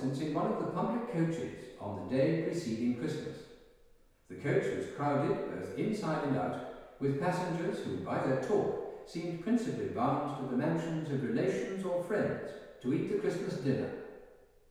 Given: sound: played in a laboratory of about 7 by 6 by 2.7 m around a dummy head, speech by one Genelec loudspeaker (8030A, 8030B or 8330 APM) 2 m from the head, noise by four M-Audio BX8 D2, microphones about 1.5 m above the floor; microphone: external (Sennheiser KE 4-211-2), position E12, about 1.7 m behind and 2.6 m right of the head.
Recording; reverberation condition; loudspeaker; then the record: male speech in English; high; 90 degrees to the left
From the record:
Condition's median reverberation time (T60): about 1300 ms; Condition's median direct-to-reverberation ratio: about -4.0 dB